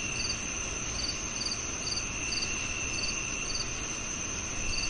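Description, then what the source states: Crickets chirping in short high pulses over a steady high tone and broad hissing background noise. Summer night.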